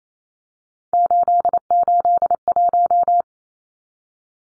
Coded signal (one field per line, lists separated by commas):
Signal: Morse code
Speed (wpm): 28 wpm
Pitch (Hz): 700 Hz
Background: none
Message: 881